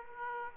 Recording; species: mosquito wingbeat signal from an infrared sensor; Aedes aegypti